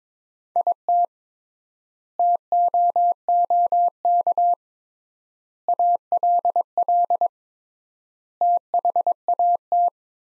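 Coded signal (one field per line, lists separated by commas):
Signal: Morse code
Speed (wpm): 22 wpm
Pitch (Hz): 700 Hz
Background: none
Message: IT TOOK ALL THAT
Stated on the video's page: Computer-generated practice sentences from the top 300 words at 22 wpm with 3x word spacing, a Farnsworth-like method applied to words.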